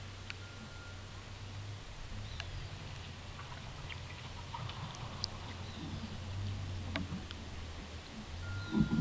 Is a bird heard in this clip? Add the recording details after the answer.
no. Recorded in pastures near Puerto Asís, Putumayo, Colombia, on 22 December 2024 at 12:00. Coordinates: 0.486, -76.323. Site GP01